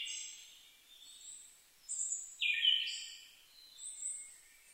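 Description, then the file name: Siberian thrush giving one strong whistled phrase that trails away, surrounded by softer high, thin bird notes. Recorded 2 July 2011 at 05:51. "mamijiro-20110702-0551"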